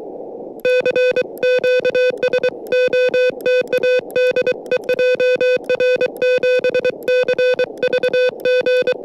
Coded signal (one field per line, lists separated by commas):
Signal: Morse code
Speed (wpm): 23 wpm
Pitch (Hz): 500 Hz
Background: music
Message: CQ SOTA DE JR7CVG